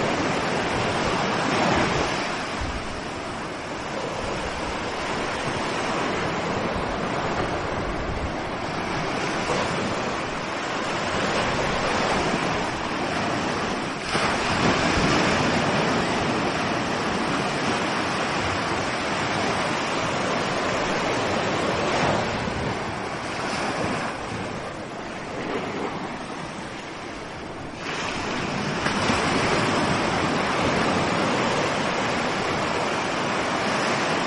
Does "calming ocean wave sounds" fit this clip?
yes